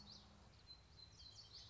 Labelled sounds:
Common Yellowthroat
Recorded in Sonoma County, California

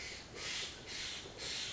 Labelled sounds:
Steller's Jay
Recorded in Sonoma County, California

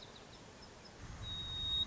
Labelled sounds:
White-crowned Sparrow
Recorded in Sonoma County, California

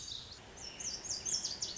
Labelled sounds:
Lazuli Bunting
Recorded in Sonoma County, California

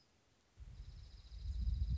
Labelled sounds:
Dark-eyed Junco
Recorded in Sonoma County, California

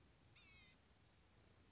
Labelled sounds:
Blue-gray Gnatcatcher
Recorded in Sonoma County, California

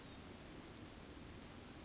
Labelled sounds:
California Towhee
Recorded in Sonoma County, California

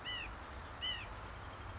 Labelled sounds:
California Quail
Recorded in Sonoma County, California

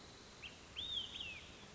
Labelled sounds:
Olive-sided Flycatcher
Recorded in Sonoma County, California

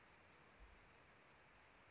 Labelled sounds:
California Towhee
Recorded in Sonoma County, California

